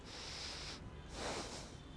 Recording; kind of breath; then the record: one breath in and out by a microphone near the nose and mouth; deep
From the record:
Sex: male